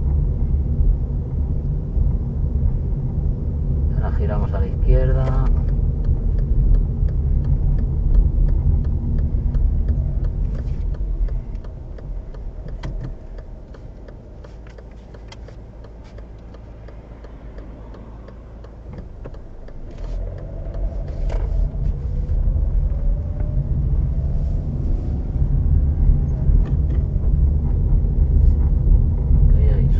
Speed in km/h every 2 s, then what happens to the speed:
21, 21, 22, 21, 21, 20, 14, 4, 1, 0, 0, 0, 10, 17, 19.
0-10 steady at about 21. 10-16 slows to 1. 16-22 standing. 22-30 pulls away to 19.